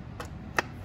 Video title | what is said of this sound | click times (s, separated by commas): Lenovo T2224d Monitor assembly. | it just pops into the | 0.6 s